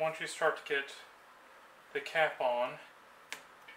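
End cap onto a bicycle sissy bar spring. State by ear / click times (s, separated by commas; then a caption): seated / 3.3 s. Someone talks while pushing the end cap onto the spring and bar assembly of a bicycle sissy bar on a 1970 Lemon Peeler, while fitting stiffer springs. A single sharp click is heard at 3.3 seconds as the spring cap snaps on and seats.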